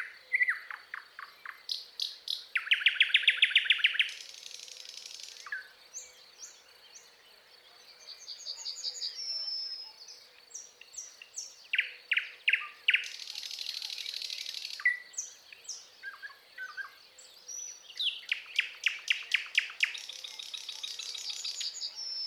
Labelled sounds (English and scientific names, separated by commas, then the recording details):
Thrush Nightingale (Luscinia luscinia) song
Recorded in the wild
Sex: male
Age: adult
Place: Pyzdry, Nadwarcianski Park Krajobrazowy, Greater Poland Voivodeship, PL
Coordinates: 52.179, 17.7156
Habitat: shrubland
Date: 2017-05-14 08:40
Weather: clear sky, moderate wind
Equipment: Marantz PMD660 recorder, Sennheiser ME67 directional microphone
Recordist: Souriau, Abel